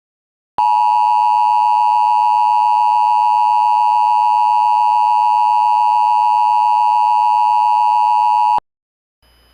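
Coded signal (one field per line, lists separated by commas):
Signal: Emergency Alert System (SAME) tones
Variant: 853 and 960 Hz attention tone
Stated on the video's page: Fictional, simulated EAS tornado warning recreation.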